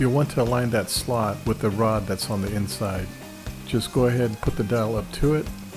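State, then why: Not seated. Someone talks while lining up the slot in the back of a plastic control dial with the metal rod inside a Singer sewing machine. The dial is handled and brought up to the shaft but not yet pushed on, so nothing has seated or clicked yet.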